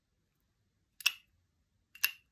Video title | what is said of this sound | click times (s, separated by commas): How To Use Ruby Hammer's Magnetic Brush Set | And everything clicks back together cleverly. You can hear that little magnetic click, | 1.1 s, 2.0 s